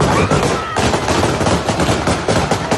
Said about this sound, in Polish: Wczoraj taką manifestację w Kabulu talibowie rozpędzili strzelaniem w powietrze.